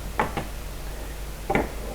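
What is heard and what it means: An Arduino motor shield is pressed down by its pin headers into the header sockets of another shield that sits on a Raspberry Pi adapter. Short knock-like hits are heard at 0.2 s and 1.55 s as the pins go in, with a softer tap at about 0.4 s. The shield seats and fits directly onto the stacked shield.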